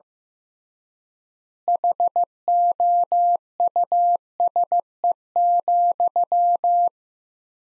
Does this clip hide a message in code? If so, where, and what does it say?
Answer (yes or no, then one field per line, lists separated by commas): yes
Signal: Morse code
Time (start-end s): 1.7-6.9 s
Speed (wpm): 15 wpm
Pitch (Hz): 700 Hz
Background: none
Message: HOUSE,